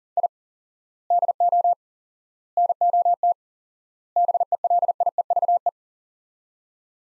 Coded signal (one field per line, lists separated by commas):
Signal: Morse code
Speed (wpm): 40 wpm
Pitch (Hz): 700 Hz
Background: none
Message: I DO NOT BELIEVE